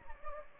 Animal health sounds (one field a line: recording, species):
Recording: mosquito wingbeat signal from an infrared sensor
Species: Anopheles gambiae